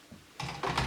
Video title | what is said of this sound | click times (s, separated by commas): Shark Vacuum unpacking | oh there we go okay so if you can see I've clipped | 0.4 s, 0.8 s